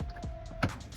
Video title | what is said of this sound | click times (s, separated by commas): Fusion 2nd Gen Amp Install #aftermarket #amplifier #fusion #fordfusion #ford | Next is snap this in, like so. | 0.6 s